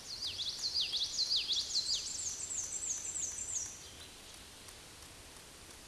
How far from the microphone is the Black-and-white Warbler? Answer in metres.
about 25 m